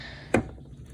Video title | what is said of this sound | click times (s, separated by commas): Honda CRV-- How to Replace High Beam Bright Bulb on Passenger Side | and it'll get seated. It'll clip in, | 0.4 s